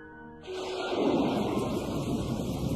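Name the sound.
heavy rain with thunder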